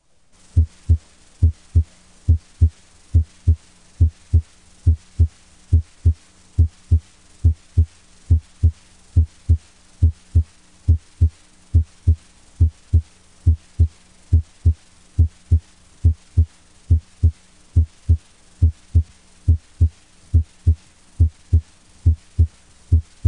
A normal S1 split has the same characteristics as an S1 heard as a single sound.